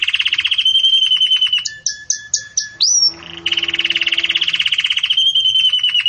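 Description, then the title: Belgian canary song: fast rolling trills, then a run of buzzy clipped notes and a rising whistle before the steady trill resumes. Belgian canary singing in the 'campainha' (bell) style, offered as a song model for tutoring young chicks. "Belíssimo Canto Do Canário Belga Campainha Para Encarte De Filhotes"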